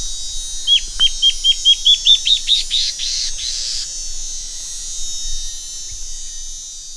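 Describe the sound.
Bird singing a rapid run of clipped high notes that quicken and blur into a short buzzy flourish, followed by steady hiss.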